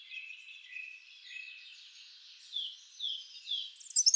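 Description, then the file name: European robin singing, soft thin whistled notes that become louder, with short sharp phrases and very high notes near the end. "Erithacus rubecula"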